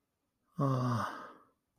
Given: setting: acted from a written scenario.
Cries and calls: vocal sound without words; contentment

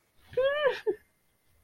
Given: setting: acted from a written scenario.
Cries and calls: vocal sound without words; positive surprise

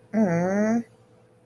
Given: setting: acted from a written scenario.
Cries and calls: vocal sound without words; disappointment

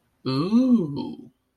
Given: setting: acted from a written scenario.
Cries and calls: vocal sound without words; desire

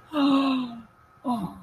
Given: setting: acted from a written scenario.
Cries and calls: vocal sound without words; relief

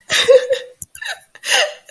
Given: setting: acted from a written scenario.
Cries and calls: vocal sound without words; sadness

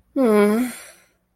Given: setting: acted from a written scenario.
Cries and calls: vocal sound without words; guilt

